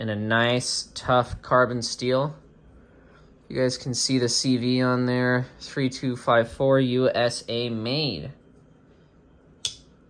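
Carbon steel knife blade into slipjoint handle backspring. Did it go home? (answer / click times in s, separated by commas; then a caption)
yes / 9.6 s. Someone talks, then at 9.6 seconds the carbon steel (CV) blade of a yellow synthetic-handled Case trapper slipjoint pocket knife snaps into place under the backspring with a sharp, brief click. The blade is seated.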